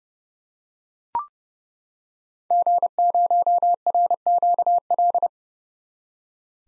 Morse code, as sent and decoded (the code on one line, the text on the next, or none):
--. ----- .-. --.- .-..
G0RQL